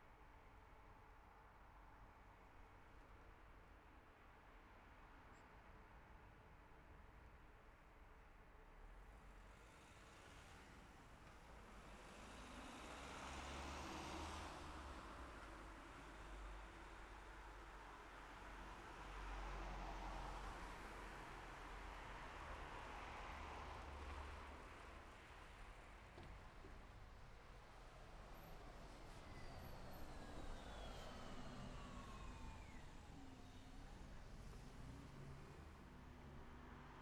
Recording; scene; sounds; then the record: everyday scene through a hearing-aid microphone; in traffic; traffic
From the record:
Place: city secondary road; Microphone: behind the ear, left, rear